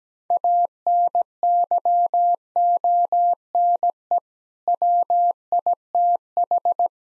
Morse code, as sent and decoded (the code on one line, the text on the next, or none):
.- -. -.-- --- -. . / .-- .. - ....
ANYONE WITH